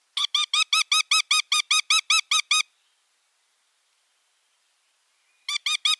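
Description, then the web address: Northern goshawk nestling calls: a rapid series of short, clipped squeaky notes, stopping for a few seconds before resuming. "Schulze Peter Goshawk nestlings"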